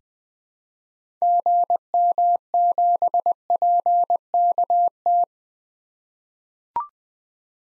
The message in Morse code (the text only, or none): GM7PKT